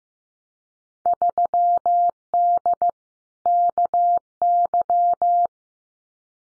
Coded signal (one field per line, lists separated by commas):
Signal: Morse code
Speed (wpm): 15 wpm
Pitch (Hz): 700 Hz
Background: none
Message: 3D KY